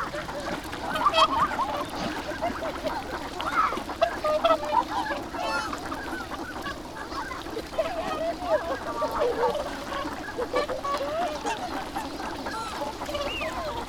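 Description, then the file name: Ducks chattering in a dense flock, with steady overlapping nasal quacks rising and falling in loudness throughout. Recorded at the Abukuma River, Japan, on 7 January 2021. "abukuma duck 20210107"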